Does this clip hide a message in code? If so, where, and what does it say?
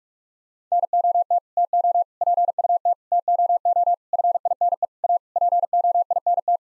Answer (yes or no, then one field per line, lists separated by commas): yes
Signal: Morse code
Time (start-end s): 0.7-6.6 s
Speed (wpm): 46 wpm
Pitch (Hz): 700 Hz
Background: none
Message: NOT TO PUT TOO FINE A POINT